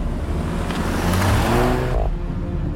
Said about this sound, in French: Sur le parking, la Golf GTI de sa fille est garée. Nous ignorons les détails précis du déroulement des événements, mais ce qui est sûr, c'est que des témoins ont entendu un coup de feu, puis, juste après, le moteur d'une voiture qui démarre.